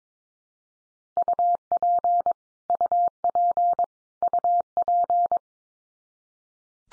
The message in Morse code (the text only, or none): UP UP UP